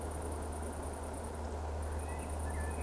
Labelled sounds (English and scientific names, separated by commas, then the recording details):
Eurasian Woodcock (Scolopax rusticola) whistle
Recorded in Baden-Württemberg, Germany, on 25 June 2020 at 20:01 UTC
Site 14569, 102 m above sea level